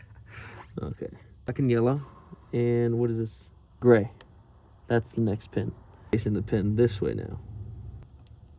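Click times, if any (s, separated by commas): 8.3 s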